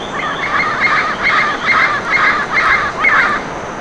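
Bird giving a series of harsh, nasal honking calls in quick succession over a constant background hiss.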